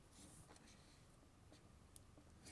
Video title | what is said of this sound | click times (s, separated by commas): Live: Unboxing and Setting up an Apple Watch Series 6 | and it just has a little click and it's good to go | 2.0 s